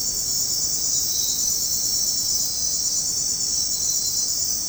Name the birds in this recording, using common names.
none